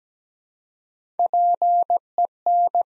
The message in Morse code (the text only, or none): PEN